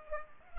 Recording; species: mosquito wingbeat signal from an infrared sensor; Culex pipiens